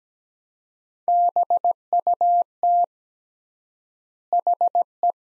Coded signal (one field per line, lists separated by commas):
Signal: Morse code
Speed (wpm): 17 wpm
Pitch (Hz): 700 Hz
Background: none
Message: BUT HE